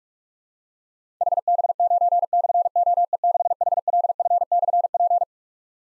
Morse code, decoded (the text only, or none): HB9/OE6HLF/P